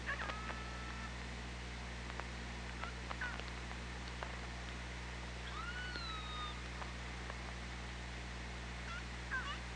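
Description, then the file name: Killer whale call: a bending tonal call with harmonics near the middle, scattered clicks, and a constant low hum throughout. Hydrophone recording at OrcaLab, 24 August 2017, 15:55:35. "Orca Lab UTLN JASON 20170824 155535"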